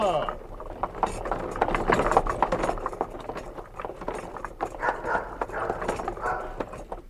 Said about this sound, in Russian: Наконец телега въехала в деревню с брехучими собаками и остановилась около самых высоких и тяжелых ворот.